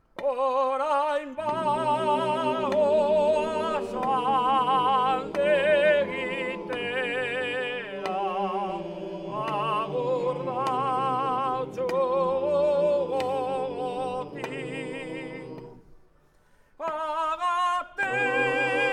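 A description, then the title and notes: A field recording from the Basque Country: voices singing in long, wavering held notes, several pitches sounding together in a full, continuous sound. Phrases shift every second or two, and the singing drops away briefly around sixteen seconds before resuming strongly. A compilation of different field-recording made all along the Basque Country.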